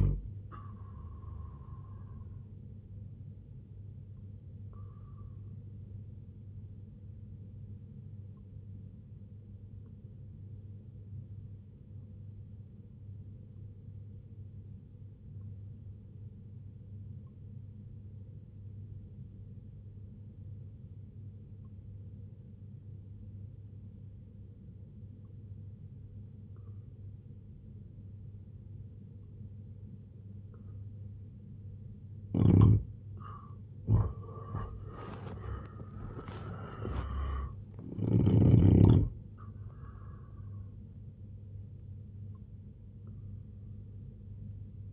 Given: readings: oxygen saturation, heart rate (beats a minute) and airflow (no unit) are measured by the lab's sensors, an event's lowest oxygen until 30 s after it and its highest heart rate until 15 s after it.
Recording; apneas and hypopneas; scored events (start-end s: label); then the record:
breathing in sleep by a smartphone at the bedside; 1
3.00-31.50 s: hypopnea (N1, oxygen 95% highest, then 83% lowest, heart rate 95 at the start, 95 highest)
20.00-44.93 s: new sleep stage, N2 (light sleep)
From the record:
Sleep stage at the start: N1 (lightest sleep); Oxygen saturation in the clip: 86 to 95%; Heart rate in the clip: 62 to 96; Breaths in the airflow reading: 2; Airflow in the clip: -7.7 to 7.3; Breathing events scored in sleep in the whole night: 258 in 7.4 hours asleep